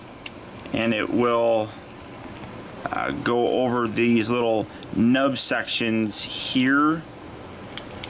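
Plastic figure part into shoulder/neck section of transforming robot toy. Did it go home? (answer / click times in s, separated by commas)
yes / 7.8 s, 8.0 s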